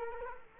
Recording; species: mosquito wingbeat signal from an infrared sensor; Culex quinquefasciatus